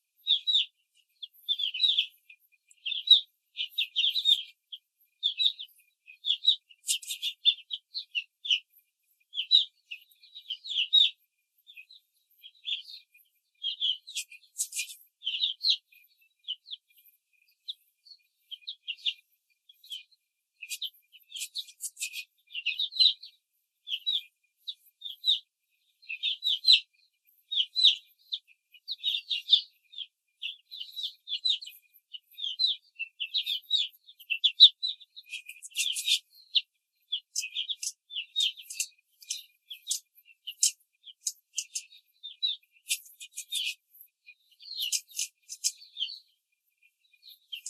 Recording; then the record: young laying hens in a cage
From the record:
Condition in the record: control cage, before the stress test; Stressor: none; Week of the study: 4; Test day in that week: 1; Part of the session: 1